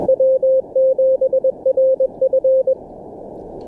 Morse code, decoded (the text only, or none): W7RF